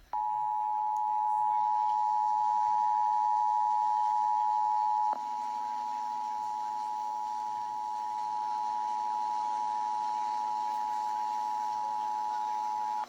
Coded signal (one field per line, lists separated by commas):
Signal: Emergency Alert System (SAME) tones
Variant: 853 and 960 Hz attention tone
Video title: EAS 116 FLASH FLOOD WATCH IN VA